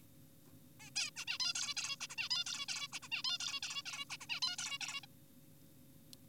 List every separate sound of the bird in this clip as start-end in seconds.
0.80-0.90, 0.96-1.10, 1.16-1.25, 1.28-1.38, 1.40-1.53, 1.55-1.75, 1.77-1.96, 2.01-2.07, 2.10-2.16, 2.18-2.29, 2.31-2.44, 2.46-2.66, 2.68-2.88, 2.93-3.00, 3.03-3.09, 3.12-3.22, 3.24-3.38, 3.40-3.60, 3.63-3.83, 3.86-4.05, 4.10-4.17, 4.21-4.26, 4.30-4.40, 4.42-4.56, 4.58-4.78, 4.81-5.01, 5.03-5.06